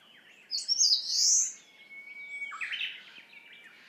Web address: izumino saunndo senndaimusikui